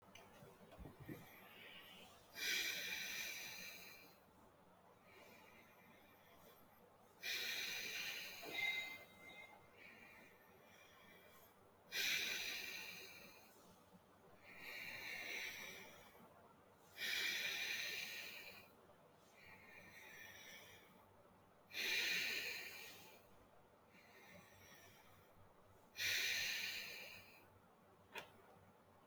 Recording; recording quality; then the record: deep breathing; excellent, no background noise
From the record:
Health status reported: healthy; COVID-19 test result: not tested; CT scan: not taken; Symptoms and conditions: hypertension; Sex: male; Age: 23 years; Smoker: no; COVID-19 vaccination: none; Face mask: not worn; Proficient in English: no